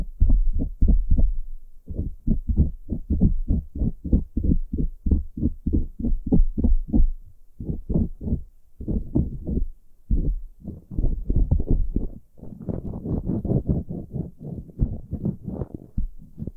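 Ear picking that sounds like a heartbeat, with low, muffled thumps repeating at a fast, fairly regular rate, broken by brief pauses near 2, 7, 10 and 12 seconds. Toward the end the thumps grow denser and a bit brighter, with a scratchy rustle.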